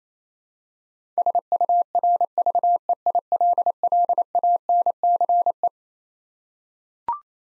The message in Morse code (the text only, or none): SURVEILLANCE